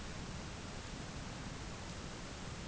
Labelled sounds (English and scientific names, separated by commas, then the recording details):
none
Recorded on Arctic tundra, site ZACK-1, on 11 June 2019
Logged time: 11:49